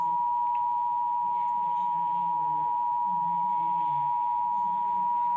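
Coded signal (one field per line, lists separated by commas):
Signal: Emergency Alert System (SAME) tones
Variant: 853 and 960 Hz attention tone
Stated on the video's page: Real Indiana child abduction emergency alert received on Comcast cable.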